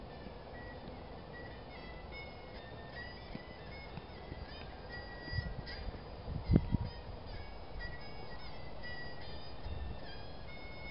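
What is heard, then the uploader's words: A man plays the erhu in a quiet park, a thin, high bowed melody gliding between held notes. Low rumbling and a few soft knocks sit underneath, with a cluster of louder thumps a little past the middle. China - man playing the Erhu in park. A man play the Erhu in a quiet part of the Temple of Heaven Park in central Beijing, China.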